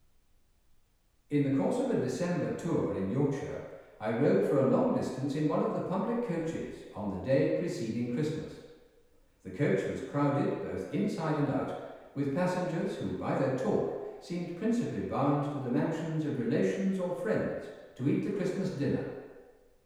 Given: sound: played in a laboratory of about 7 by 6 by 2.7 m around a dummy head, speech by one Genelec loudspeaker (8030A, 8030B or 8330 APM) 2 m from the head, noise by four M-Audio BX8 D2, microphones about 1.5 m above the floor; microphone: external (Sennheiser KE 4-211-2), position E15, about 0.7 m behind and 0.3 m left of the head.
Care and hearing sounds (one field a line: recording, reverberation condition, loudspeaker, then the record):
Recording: male speech in English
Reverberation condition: high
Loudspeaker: in front (0 degrees)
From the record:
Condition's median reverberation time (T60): about 1300 ms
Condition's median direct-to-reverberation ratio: about -4.0 dB